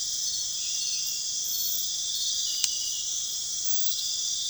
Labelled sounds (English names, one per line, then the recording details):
none
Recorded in pastures near Puerto Asís, Putumayo, Colombia, on 29 June 2025 at 03:00
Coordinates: 0.502, -76.324
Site G010